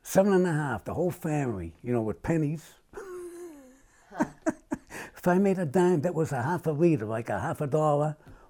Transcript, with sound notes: Seven-and-a-half, the whole family, y'know, with pennies. [laughs]
Right.
If I made a dime, that was a half-a-liter, like a half-dollar.